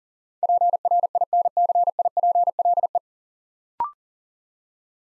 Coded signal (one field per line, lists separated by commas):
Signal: Morse code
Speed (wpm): 42 wpm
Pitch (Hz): 700 Hz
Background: none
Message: PRINCIPLE